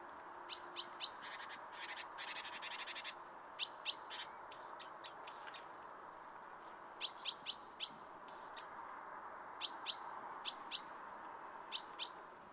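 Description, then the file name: Great tit calling: sharp high chirps in quick pairs and triplets, a brief dry rattling burst early on, over a steady background hiss. "Parus major"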